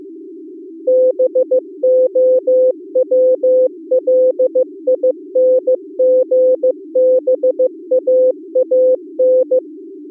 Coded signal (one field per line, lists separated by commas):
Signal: Morse code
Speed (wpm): 15 wpm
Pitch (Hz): 510 Hz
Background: music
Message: BOWLINGBAAN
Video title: Daily Minutes, November 8, 2015, with low level Contestia data.